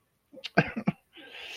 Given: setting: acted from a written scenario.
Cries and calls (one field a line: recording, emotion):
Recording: vocal sound without words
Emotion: shame